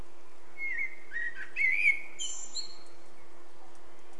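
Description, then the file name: Eurasian blackbird song phrase: mellow warbled whistles that rise and fall, then a few thin, high squeaky notes, over a low constant hum. "Turdus merula"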